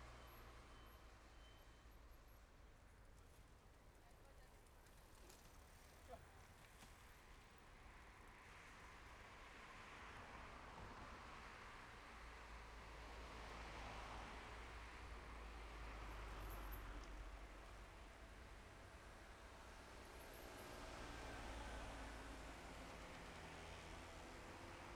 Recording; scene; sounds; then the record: everyday scene through a hearing-aid microphone; in traffic; traffic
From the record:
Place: main road on the outskirts, rush hour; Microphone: behind the ear, left, front